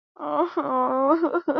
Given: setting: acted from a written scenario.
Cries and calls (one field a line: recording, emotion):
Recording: vocal sound without words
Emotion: sadness